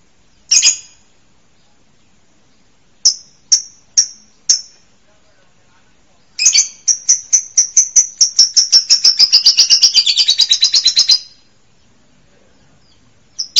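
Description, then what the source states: Bird gives a few isolated high chips, then a fast rattling trill that quickens and runs for several seconds before stopping. Masteran song-training recording for songbirds.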